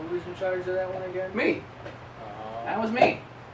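A Fanimation Drone ceiling fan canopy is handled from a ladder against its ceiling mounting bracket, not yet locked into place because one side was not engaged. Someone talks throughout, with only faint handling noise beneath the voice. Nothing has seated or clicked yet.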